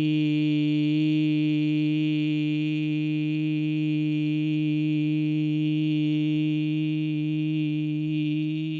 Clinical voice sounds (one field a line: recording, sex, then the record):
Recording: sustained vowel /i/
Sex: male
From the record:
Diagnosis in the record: Parkinson's disease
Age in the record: 70 years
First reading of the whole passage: 112 s, 4.6 characters per second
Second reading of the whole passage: 107 s, 4.9 characters per second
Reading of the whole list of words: 68 s, 4.1 characters per second